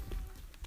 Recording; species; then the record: mosquito flight sound by mobile phone; Aedes sierrensis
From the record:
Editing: cut to the mosquito's sound